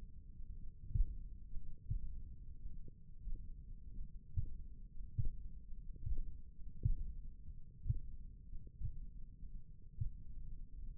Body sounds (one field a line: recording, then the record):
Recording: forearm muscle sounds (acoustic myography)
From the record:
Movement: finger pinch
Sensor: system 1, eight BSWA MPA416 microphones around the upper forearm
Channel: 1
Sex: male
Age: 23 years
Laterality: right